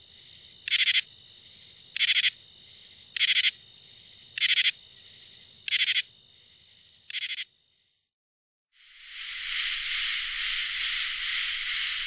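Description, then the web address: Common True Katydid song, six loud raspy pulsed bursts about every 1.3 seconds, then a brief silence followed by a steady dense insect buzz. "The Songs of Insects. Common True Katydid"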